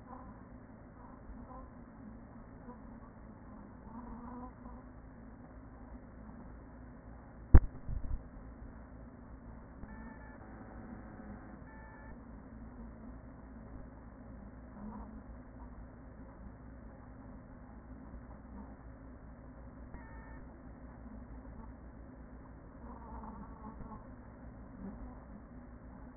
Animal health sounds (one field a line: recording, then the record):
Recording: honeybee colony, microphone inside the hive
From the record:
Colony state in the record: queen present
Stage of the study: after two queens were removed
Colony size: about 40,000 bees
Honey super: no